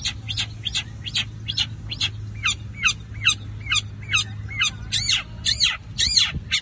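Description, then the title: Long-tailed shrike song: evenly spaced sharp high notes, about two each second, some swooping downward, over a steady low hum. Combination song (kombinasi) style. "Cendet Kombinasi"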